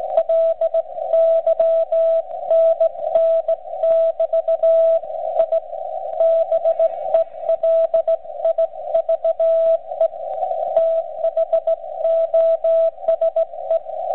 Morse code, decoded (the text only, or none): LYNN <BT> I BELIVE THOSE